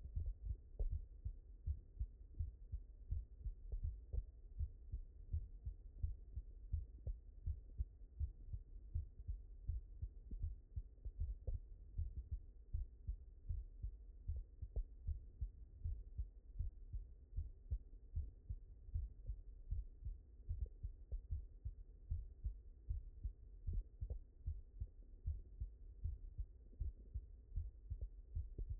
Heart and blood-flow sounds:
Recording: heart sounds by stethoscope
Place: mitral valve (MV)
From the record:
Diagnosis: non-HFrEF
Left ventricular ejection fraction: 67%

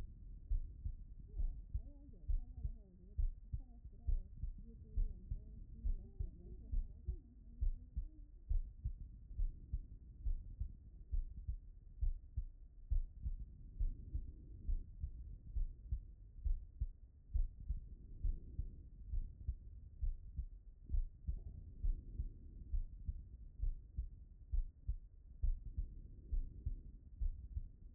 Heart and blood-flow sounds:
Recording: heart sounds by stethoscope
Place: pulmonary valve (PV)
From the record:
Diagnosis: non-HFrEF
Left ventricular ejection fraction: 65%

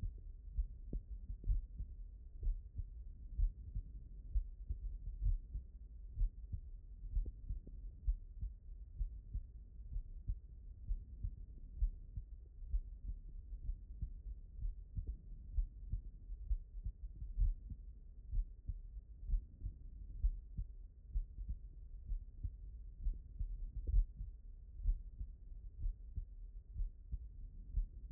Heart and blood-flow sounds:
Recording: heart sounds by stethoscope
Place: aortic valve (AV)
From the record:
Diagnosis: non-HFrEF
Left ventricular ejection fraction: 68%

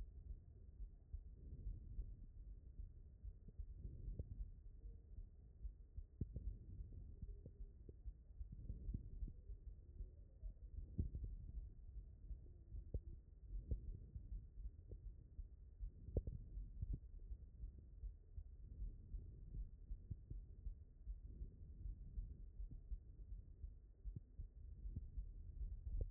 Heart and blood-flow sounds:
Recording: heart sounds by stethoscope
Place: aortic valve (AV)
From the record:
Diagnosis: non-HFrEF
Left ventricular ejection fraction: 72%

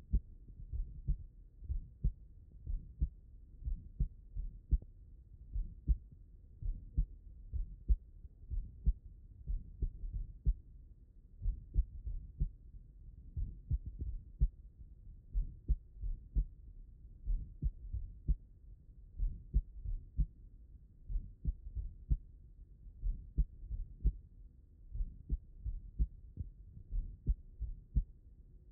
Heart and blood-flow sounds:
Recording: heart sounds by stethoscope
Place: pulmonary valve (PV)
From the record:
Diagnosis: non-HFrEF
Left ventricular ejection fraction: 65%

